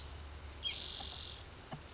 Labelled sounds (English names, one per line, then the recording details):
Spotted Towhee
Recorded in Sonoma County, California